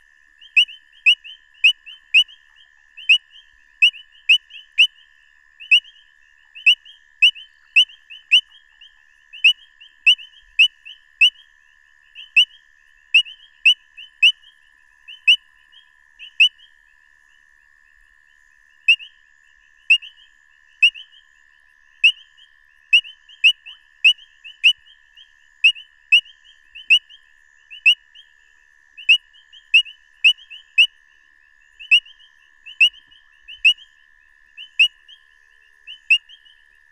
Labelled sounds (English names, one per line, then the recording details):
Painted Reed Frog call
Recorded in the wild
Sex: male
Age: adult
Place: Marepsig, ZA
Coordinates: -24.5, 30.85
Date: 1996-02-01 21:28
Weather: 23,6°C
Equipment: Sony TCD-D3, Sennheiser ME 80, K 30 AV
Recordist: Gutsche, Alexander